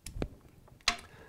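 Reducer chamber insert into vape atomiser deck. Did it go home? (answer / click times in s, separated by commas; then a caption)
yes / 0.9 s. A reduced chamber insert, held by a thin O-ring, is pressed onto the rebuildable deck of an H-Atty Genesis atomiser; the chamber is meant to make the vapor warmer and add extra flavor. After a couple of lighter taps near 0.1 and 0.2 seconds, it seats with a firm, positive click at 0.9 seconds.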